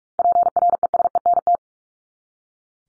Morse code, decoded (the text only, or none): PRESENT